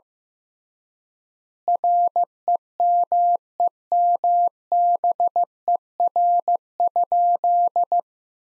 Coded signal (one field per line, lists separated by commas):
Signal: Morse code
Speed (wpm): 15 wpm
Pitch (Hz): 700 Hz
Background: none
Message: REMEMBER?